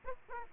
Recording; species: mosquito wingbeat signal from an infrared sensor; Aedes aegypti